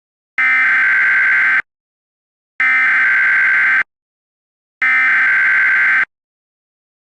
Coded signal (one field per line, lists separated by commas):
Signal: Emergency Alert System (SAME) tones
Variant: header bursts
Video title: EAS Scenario #11: Seismic Trouble